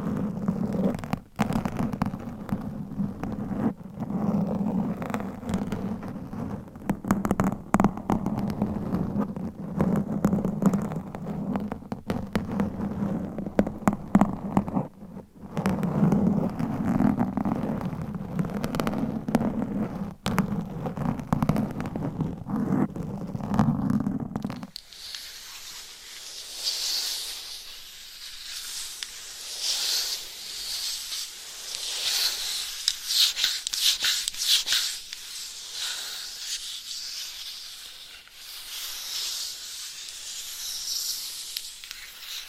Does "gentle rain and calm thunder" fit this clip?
no